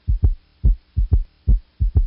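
Low-pitched triple rhythm in an adult heart: an early diastolic third heart sound (S3) gallop heard during rapid early ventricular filling, indicating an overfilled and overly compliant left ventricle, caused by rapid entry of blood from the atria into the already overfilled ventricle.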